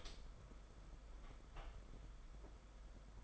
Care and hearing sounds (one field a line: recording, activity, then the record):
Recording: daily activity, microphone in the room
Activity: open door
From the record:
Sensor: 5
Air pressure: 991.8 hPa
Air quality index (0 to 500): 133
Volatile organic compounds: 80 ppm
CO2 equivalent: 3606 ppm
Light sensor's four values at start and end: 33/111/41/44 and 33/111/41/44